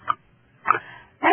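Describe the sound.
Chicken clucks: three short harsh bursts separated by pauses, the last cut off at the end.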